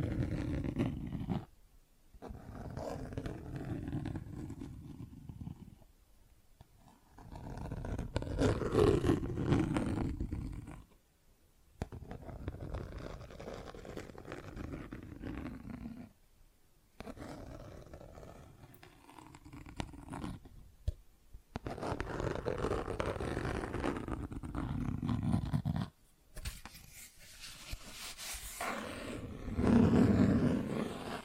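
Plastic objects are scratched and rubbed in dense, rough passages with a low, growling, grinding quality. Abrupt silences break them near 2, 11, 16, 21 and 26 seconds, and the scraping gets louder and brighter around 9 and 30 seconds.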